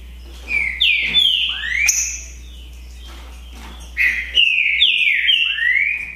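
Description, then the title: Green-winged saltator song in two bursts of full, sliding whistled phrases separated by a quiet pause, with a constant low hum underneath. Song contest between two birds, Naval vs Demolidor, 2022 season. "É UMA DISPUTA DE TRINCA FERRO PERFEITA!! NAVAL VS DEMOLIDOR 2022!"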